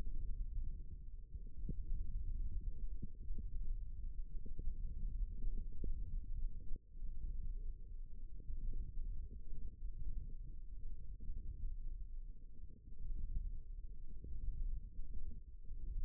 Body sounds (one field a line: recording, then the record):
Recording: forearm muscle sounds (acoustic myography)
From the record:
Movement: hand opening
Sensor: system 1, eight BSWA MPA416 microphones around the upper forearm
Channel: 2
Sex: male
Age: 18 years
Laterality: right